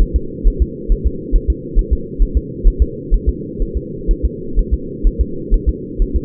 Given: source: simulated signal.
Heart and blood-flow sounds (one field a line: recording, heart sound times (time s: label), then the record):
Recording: fetal heart sounds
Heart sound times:
0.02 s: S1
0.16 s: S2
0.48 s: S1
0.62 s: S2
0.92 s: S1
1.06 s: S2
1.35 s: S1
1.50 s: S2
1.79 s: S1
1.93 s: S2
2.22 s: S1
2.37 s: S2
2.67 s: S1
2.82 s: S2
3.14 s: S1
3.29 s: S2
3.62 s: S1
3.77 s: S2
4.11 s: S1
4.25 s: S2
4.59 s: S1
4.74 s: S2
5.07 s: S1
5.21 s: S2
5.54 s: S1
5.69 s: S2
6.02 s: S1
6.16 s: S2
From the record:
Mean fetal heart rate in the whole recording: 130 bpm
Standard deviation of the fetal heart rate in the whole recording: 4 bpm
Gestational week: 38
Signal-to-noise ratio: -4.3 dB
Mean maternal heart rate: 72 bpm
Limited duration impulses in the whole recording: absent